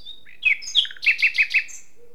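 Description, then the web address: Common nightingale song: a brief phrase of downslurred whistles and four evenly spaced, repeated rich notes. "SETE data Luscinia megarhynchos"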